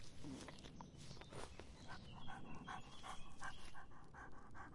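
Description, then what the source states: Dog lapping water, quick wet laps repeated several times a second, with low background rumble. Dog drinking.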